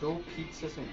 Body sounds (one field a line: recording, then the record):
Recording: background sound without coughing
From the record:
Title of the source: BackgroundMusic